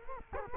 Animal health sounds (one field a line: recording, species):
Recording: mosquito wingbeat signal from an infrared sensor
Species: Culex quinquefasciatus